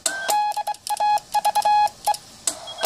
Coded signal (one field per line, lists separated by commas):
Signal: Morse code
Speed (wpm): 24 wpm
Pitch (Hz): 840 Hz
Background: none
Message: DAVE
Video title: TenTec Power Mite PM3A QSO N4LQ Strikes Again